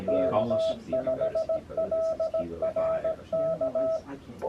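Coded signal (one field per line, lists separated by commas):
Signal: Morse code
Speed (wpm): 17 wpm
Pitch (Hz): 650 Hz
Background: speech, radio noise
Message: K5LRK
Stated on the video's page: Texas State Parks On The Air activation, operated from a converted RV communications platform.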